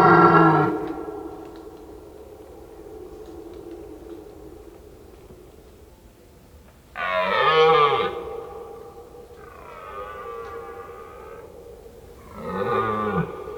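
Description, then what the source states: Red deer stag roaring, a harsh harmonic bellow at the start, another loud roar near eight seconds, a softer drawn-out groan, then a final roar. Red deer stag calling during the rut.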